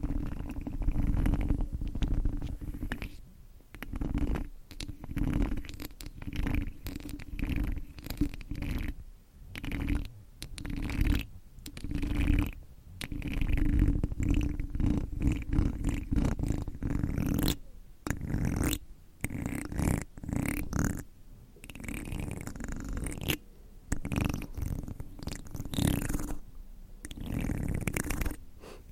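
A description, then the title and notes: Handling sounds on a microphone during a haircut and scalp treatment role-play: a steady low rubbing drone runs throughout, broken by frequent short brushing and scratching strokes. From about seventeen seconds the scratches grow sharper and brighter, with brief quiet gaps between them. ASMR Mic Triggers (Haircut & Scalp Check With Treatment On The Mic) No Talking.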